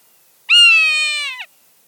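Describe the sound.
Swainson's hawk uttering one harsh, sustained scream of about one second that sags slightly and breaks at the end.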